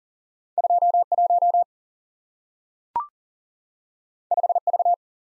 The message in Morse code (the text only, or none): 21 5V